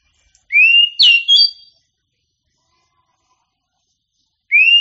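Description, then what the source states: Oriental magpie-robin singing a loud rising whistle followed by quick varied whistled notes, a pause of nearly three seconds, then the rising whistle begins again. Singing champion bird.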